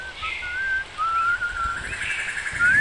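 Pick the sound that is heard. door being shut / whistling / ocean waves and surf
whistling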